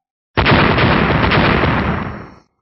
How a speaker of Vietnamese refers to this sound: Liên tiếp tiếng nổ đinh tai nhức óc vang lên, từng đoàn hỏa diễm màu đen cực lớn từ cái khoai lang màu đen bạo liệt ra, đầu tiên chấn động mạnh co rút lại một cái, tiếp theo bỗng nhiên nổ lớn ra, hóa thành một biển lửa như thủy triều quét về bốn